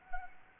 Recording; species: mosquito wingbeat signal from an infrared sensor; Anopheles arabiensis